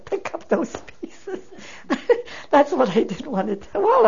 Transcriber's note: she laughs